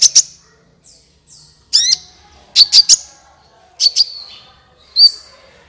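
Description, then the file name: Van Hasselt's sunbird chirps: sharp, high, buzzy notes in short bursts and doublets, with thin falling whistles between them over a quiet background. "suara kolibri ninja"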